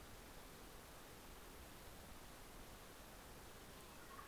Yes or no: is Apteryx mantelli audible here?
no